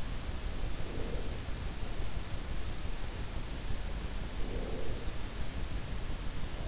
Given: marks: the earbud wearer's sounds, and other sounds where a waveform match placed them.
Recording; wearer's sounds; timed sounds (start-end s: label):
sounds in sleep by an in-ear microphone; breath
0.47-1.63 s: breath
4.10-5.40 s: breath